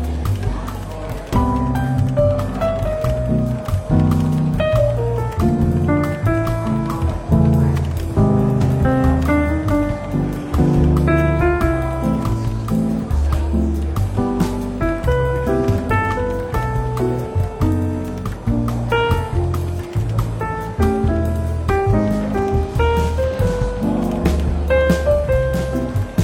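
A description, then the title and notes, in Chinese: Soft jazz plays steadily in a London bookshop café, a walking bass and melodic notes running throughout over a faint murmur of chatter. 伦敦书店咖啡馆轻微喧闹氛围与柔和轻松的爵士背景音乐。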